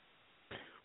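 After about half a second of quiet line hiss comes a single short, harsh burst with no voiced tone, fading within a third of a second. It is one dry cough from an adult with a slight ongoing cough, heard over a narrow-band call line.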